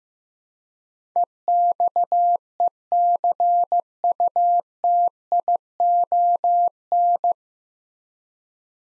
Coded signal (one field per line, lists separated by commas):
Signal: Morse code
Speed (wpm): 15 wpm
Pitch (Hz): 700 Hz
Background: none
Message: EXECUTION